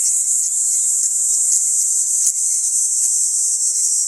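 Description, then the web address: Kaempfer cicada, a dense, steady high-pitched hiss without pause, with a faint thin whistle-like tone running underneath. "ニイニイゼミ. arpla 自然音研究室"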